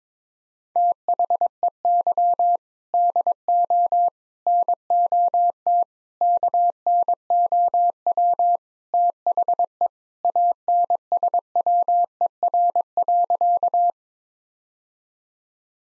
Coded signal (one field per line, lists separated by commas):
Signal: Morse code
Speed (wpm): 22 wpm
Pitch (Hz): 700 Hz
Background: none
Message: THEY DO NOT KNOW THE ANSWER.